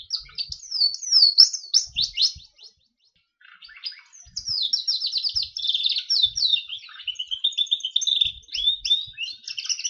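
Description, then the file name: Berner canary pouring out quick chirps and sweeping notes, a brief silence, then a long lively passage of fast trills and warbles. "kenari berner omkicau"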